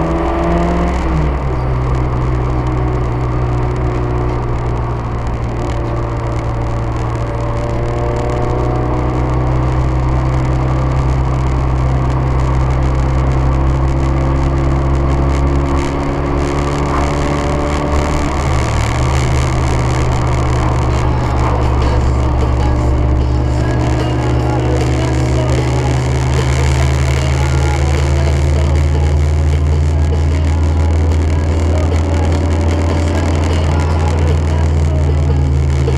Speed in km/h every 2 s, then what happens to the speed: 85, 81, 79, 86, 89, 90, 94, 100, 100, 96, 95, 99, 103, 108, 113, 116, 109, 93.
4-14 speeds up to 100. 14-20 steady at about 96. 20-30 speeds up to 116. 30-36 brakes to 93.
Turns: none.